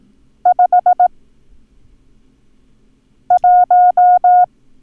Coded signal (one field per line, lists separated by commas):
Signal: Morse code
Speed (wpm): 18 wpm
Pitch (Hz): 720 Hz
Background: none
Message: 5 1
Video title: Learn Morse Code - Numbers - Lesson 4